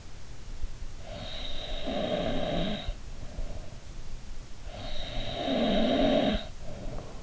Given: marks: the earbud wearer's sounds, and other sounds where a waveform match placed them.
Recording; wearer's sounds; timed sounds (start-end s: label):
sounds in sleep by an in-ear microphone; snoring breath
1.06-3.05 s: snoring breath
4.66-7.23 s: snoring breath